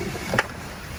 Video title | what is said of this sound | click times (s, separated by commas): Model S Sunroof Sunshade 2 Piece Kit for Opening Sunroofs | Just simply bend it like this, fold it right underneath, and it just snaps | 0.4 s